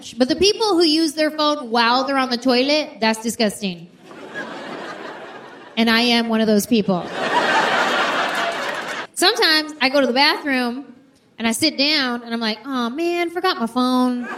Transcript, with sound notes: But the people who use their phone - while they are on the toilet - that is disgusting. And I am one of those people. (audience laughter) Sometimes I go to the bathroom and I sit down and I'm like: oh man, I forgot my phone.